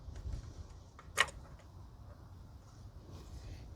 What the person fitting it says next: You should be able to hear it to click into place after it's in all the way.